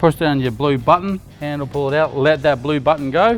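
Someone talks while handling the fridge slide rail in the passenger-side front compartment of an MDC XT14E offroad caravan, pushing down the blue release button, then letting it go to drag the slide out. Speech fills the whole clip with no distinct mechanical sounds. Nothing has locked or clicked into the extended position yet.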